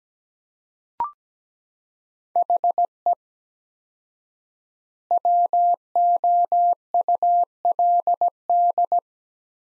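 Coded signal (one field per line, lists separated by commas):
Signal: Morse code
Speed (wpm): 17 wpm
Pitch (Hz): 700 Hz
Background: none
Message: HE WOULD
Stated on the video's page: Morse code practice of two-word sets at 17 wpm with 4x word spacing, a Farnsworth-like method for head-copy.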